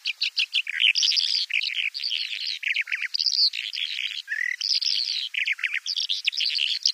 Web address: Schulze Peter Bimaculated Lark song